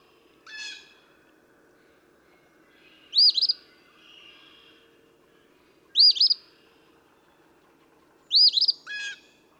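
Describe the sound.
Eastern phoebe song, three raspy burry phrases a few seconds apart, with a few fainter buzzy notes between them.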